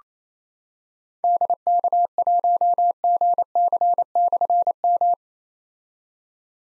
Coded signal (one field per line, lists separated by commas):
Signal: Morse code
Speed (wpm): 29 wpm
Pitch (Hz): 700 Hz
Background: none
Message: DK1GC/M